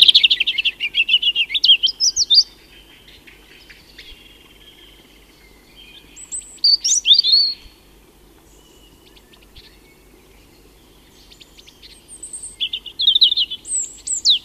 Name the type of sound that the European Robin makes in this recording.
song